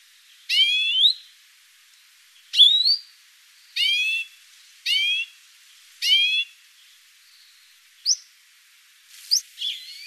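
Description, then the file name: European greenfinch calls: several drawn-out nasal notes in a row, then shorter, sharper notes at the end. "Chloris chloris"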